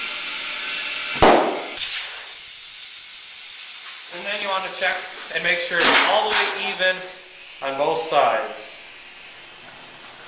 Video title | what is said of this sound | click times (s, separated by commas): Changing tubeless atv tires without a tire changer | this side is not seated so | 1.2 s